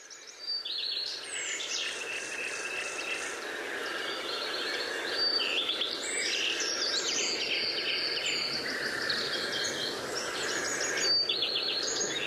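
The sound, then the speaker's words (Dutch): A common redstart sings short, bright, repeated phrases right beside the listeners at the edge of woodland and water in the Kennemerduinen, Netherlands, in the morning, amid a busy chorus of other birdsong including nightingales, with steady high warbling and chirps continuing throughout and no voices. “Je hoort de gekraagde roodstaart heel mooi zingen.”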